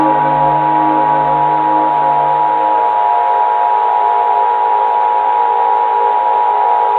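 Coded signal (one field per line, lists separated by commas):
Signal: Emergency Alert System (SAME) tones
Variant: 853 and 960 Hz attention tone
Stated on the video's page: Fictional EAS scenario, analog horror, using valid EAS tones.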